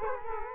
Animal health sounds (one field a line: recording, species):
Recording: mosquito wingbeat signal from an infrared sensor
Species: Culex quinquefasciatus